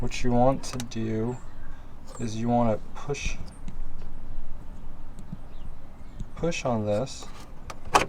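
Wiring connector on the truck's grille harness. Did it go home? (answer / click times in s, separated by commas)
released / 7.7 s, 8.0 s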